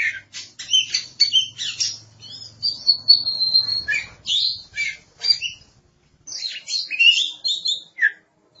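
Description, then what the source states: Oriental magpie-robin song of quick chirps and sliding whistles mixed with a steady whistled stretch, with a faint low hum in the background. Kacer song.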